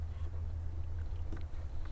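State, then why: Not seated. A plastic intake air tube is being handled and put back toward its mount on a Porsche 981 Cayman GT4 during an intake air filter change. A steady low rumble fills the clip, with two brief faint knocks near 1.4 s and 1.9 s. Nothing has seated or clicked yet.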